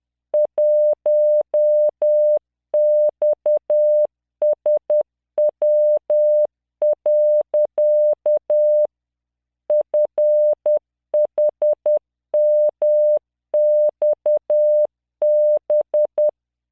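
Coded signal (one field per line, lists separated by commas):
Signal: Morse code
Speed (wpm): 10 wpm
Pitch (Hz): 600 Hz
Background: none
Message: 1XSW. FHMXB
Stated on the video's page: Practice generated by LearningMorse software at 10 WPM, 600 Hz tone, standard three-dot spacing, random five-character groups.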